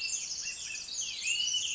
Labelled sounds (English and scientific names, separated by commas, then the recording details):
Pacific Wren (Troglodytes pacificus)
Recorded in Sonoma County, California